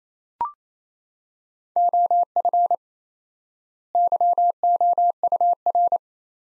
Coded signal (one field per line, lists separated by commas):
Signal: Morse code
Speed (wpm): 27 wpm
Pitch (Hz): 700 Hz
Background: none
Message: OF YOUR